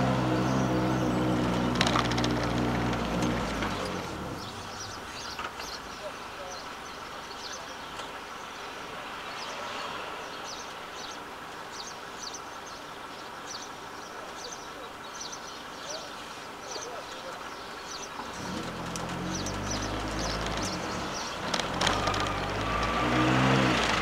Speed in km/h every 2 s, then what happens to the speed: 25, 15, 4, 0, 0, 0, 0, 0, 0, 7, 13, 19.
0-5 brakes to 0. 5-17 standing. 17-24 pulls away to 19.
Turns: none.